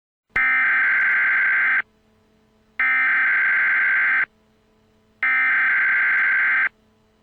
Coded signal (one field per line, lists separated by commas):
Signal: Emergency Alert System (SAME) tones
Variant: header bursts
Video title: Emergency Alert System: RDD